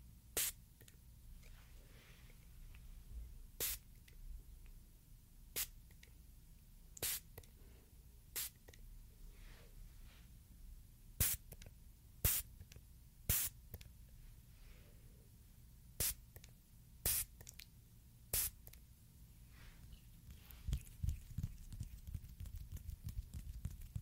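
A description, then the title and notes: Short, crisp spray bursts hiss out one at a time, roughly every one to two seconds, each bright and quick. A low, steady rumble and faint hum sit underneath, and the last few seconds turn into denser, crackly rustling. ASMR WITH LIQUID SOUNDS, SPRAY SOUNDS, LIQUID SHAKING and DROPPER BOTTLE - MAKING SOME TESTS.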